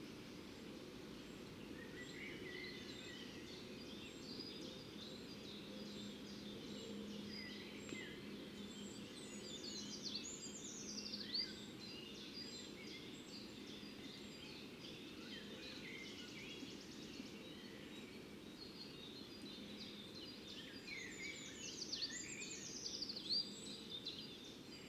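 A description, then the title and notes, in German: Morning birdsong outside a fox den, with several birds singing at once over a steady low rumble of ambient noise. Bright, sweeping whistled phrases stand out around ten seconds and again near twenty-two seconds, while softer chirps continue throughout. Der Morgen vor dem Fuchsbau. Anders als in der Lehmgrube wachen hier die Vögel zu unterschiedlichen Zeiten auf. Auch dies ist eine Kunstkopfaufnahme, die mit Kopfhörern deutlich eindrucksvoller klingt.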